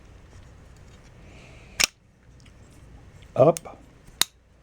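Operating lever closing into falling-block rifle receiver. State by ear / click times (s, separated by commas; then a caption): seated / 4.2 s. After reassembling the falling block, extractor and lever of a vintage Stevens Favorite Model 1915 .22 single-shot falling-block rifle, someone talks while handling it, with a sharp click at 1.8 s and a louder rustling burst around 3.4 s. The steel operating lever is then closed against the receiver and snaps into its locked position with a crisp, loud click at 4.2 s, seating the lever so it stays up.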